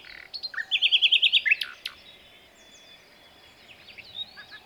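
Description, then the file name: Common nightingale song: a quick, loud rattling series of repeated notes ending in a sharp flourish, then soft scattered notes. "Luscinia megarhynchos"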